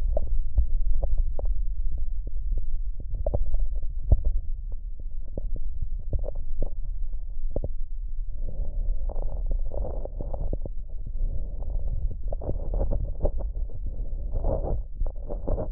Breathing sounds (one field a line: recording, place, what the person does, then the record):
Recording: lung sounds by stethoscope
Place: right anterior apical chest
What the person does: quiet breathing, then deep breathing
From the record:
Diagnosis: interstitial lung disease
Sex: male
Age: 47 years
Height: 159 cm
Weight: 66.8 kg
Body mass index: 26.4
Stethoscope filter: extended mode